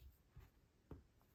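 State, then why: Not seated. After a CR2032 battery is replaced in an MG3 car key fob, its silver outer cover is handled and pressed back toward the plastic fob housing. Soft handling knocks are heard at about 0.4 s and 0.9 s, with a faint tick near 1.2 s. The cover has not clicked into place yet.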